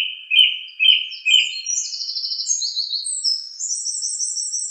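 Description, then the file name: Song thrush song, a short phrase given three times, then high rapid trills and buzzy notes climbing steadily in pitch. "suara-kicauan-burung-song-thrush 7-omkicau"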